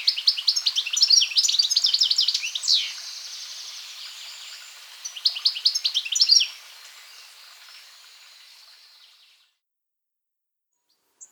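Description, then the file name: European goldfinch song: two bursts of rapid, tinkling twitters with a buzzy downslurred note between them, then the sound fades into quiet. "Carduelis carduelis"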